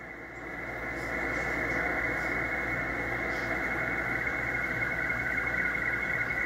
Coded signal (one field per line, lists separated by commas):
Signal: SSTV (slow-scan television)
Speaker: a little bit of slow scan television this morning KQ for Z H so